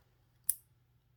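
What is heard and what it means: The snap cap of a Lamy 2000 fountain pen is pushed onto the pen body, and a single sharp, bright snap sounds at 0.5 s over a faint low hum. The cap latches and seats on the body.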